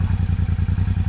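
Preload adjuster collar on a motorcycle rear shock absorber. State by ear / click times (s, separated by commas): not seated / none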